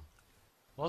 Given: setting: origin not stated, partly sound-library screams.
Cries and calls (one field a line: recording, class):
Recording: one-second piece from a danger detection set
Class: normal situation